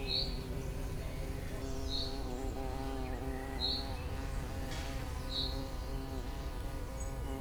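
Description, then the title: Flying insects hum in a wavering, droning buzz; a bird gives a short high note four times over a low background rumble. Many flying insects in a spring forest at Corsuet near Aix-les-Bains, France, some hovering near the microphones, and a bumblebee flying a random path; forest birds also present. "Chem. de Corsuet, Aix-les-Bains, France - Insectes volants"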